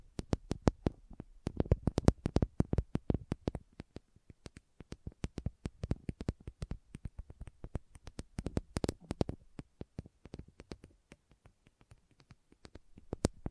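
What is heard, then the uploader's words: A Christmas trigger assortment made of dense, sharp tapping and clicking sounds that run without a break for the whole stretch. The clicks come quickly and unevenly, in thick clusters around the second and ninth seconds, with quieter gaps between. No voice is heard. Christmas Trigger Assortment (No Talking).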